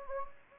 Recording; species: mosquito wingbeat signal from an infrared sensor; Anopheles gambiae